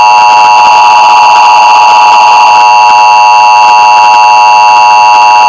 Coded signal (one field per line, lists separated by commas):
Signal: Emergency Alert System (SAME) tones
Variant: 853 and 960 Hz attention tone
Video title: National eas test